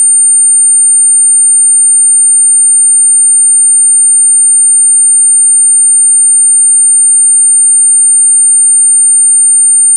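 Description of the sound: A steady, very high-pitched pure tone near 9000 Hz holds unchanged and quiet for the full ten seconds. It is a synthetic test tone used to match the pitch of a person's tinnitus, not a bodily sound.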